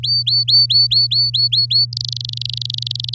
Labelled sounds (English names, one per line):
Domestic Canary song